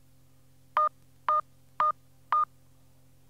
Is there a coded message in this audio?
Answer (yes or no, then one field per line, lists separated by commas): no